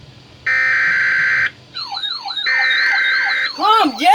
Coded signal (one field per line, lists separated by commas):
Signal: Emergency Alert System (SAME) tones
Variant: header bursts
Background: speech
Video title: EAS #84 - 85 SEVERE THUNDERSTORM WARNING DOUBLE HEADER